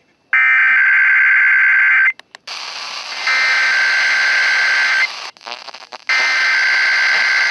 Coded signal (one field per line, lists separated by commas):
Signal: Emergency Alert System (SAME) tones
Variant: header bursts